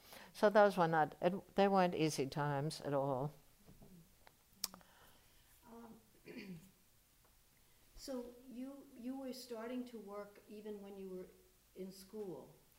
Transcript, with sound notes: So those were not — and they weren't easy times at all.
[clears throat] So you — you were starting to work even when you were in school.